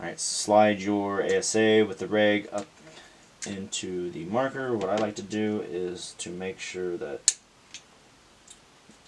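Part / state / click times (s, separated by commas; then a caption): gas transfer tube into the paintball marker's air source adapter / seated / 7.7 s. Someone talks while sliding the air source adapter (ASA), with the regulator facing up, into the body of an Emek paintball marker. At 7.7 s the gas transfer tube snaps into the ASA with a short, sharp click, followed by a fainter tick. The tube is seated.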